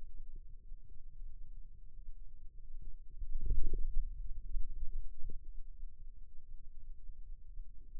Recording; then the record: forearm muscle sounds (acoustic myography)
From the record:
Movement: radial deviation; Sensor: system 2, bracelet of six BSWA MPA416 microphones around the upper forearm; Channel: 5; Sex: male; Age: 22 years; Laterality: right